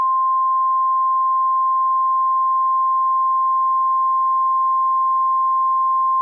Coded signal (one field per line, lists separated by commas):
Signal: Emergency Alert System (SAME) tones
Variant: 1050 Hz attention tone